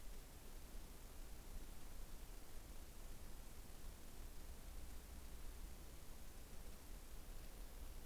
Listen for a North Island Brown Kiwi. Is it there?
no